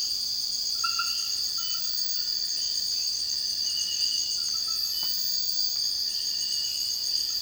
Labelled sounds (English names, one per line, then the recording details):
none
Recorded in dense forest near Puerto Asís, Putumayo, Colombia, on 19 February 2024 at 03:30
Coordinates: 0.481, -76.318
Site G6421